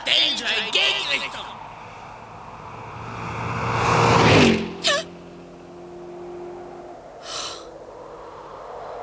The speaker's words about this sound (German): Das war nur ein Auto.